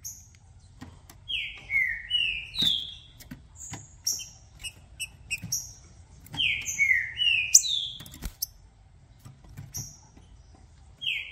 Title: Esse É PERFEITO Para ESQUENTAR Seu TRINCA Piando, Cantando E Macheando Na DISPUTA. Trinca Ferro VALENTE! VIRANDO VARIOS TIPOS DE CANTOS!! Melhor para ABRIR O CANTO!!